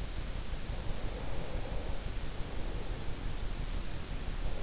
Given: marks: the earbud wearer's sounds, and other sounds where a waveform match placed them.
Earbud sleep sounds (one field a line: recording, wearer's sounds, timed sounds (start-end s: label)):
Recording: sounds in sleep by an in-ear microphone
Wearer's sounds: breath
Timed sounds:
0.52-4.01 s: breath